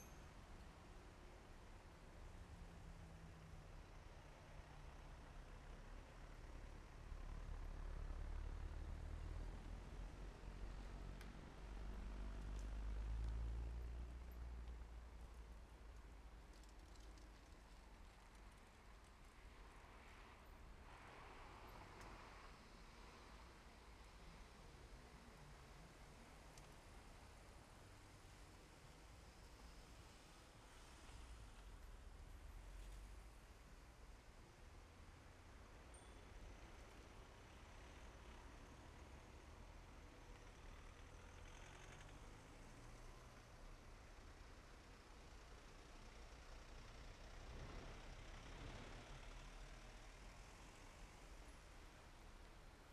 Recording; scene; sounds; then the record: everyday scene through a hearing-aid microphone; in traffic; traffic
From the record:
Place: main road on the outskirts, rush hour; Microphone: behind the ear, left, front